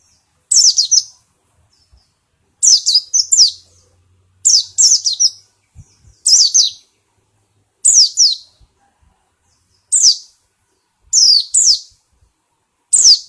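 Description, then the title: White-eye uttering brief, high, sharp chirped notes in pairs or singles, repeated every couple of seconds. Song style described as ngalas ngeroll. "Kumpulan Pleci Ngalas Ngeroll"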